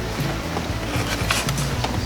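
An electrical connector is handled as it is slid back onto a sensor on a reinstalled MAXFlow carbon fiber intake on an Alfa Romeo Giulia / Stelvio. Soft handling noises and brief sharp sounds come at about 1.3, 1.5 and 1.9 seconds over a steady low background. The connector has not clicked or locked in place yet.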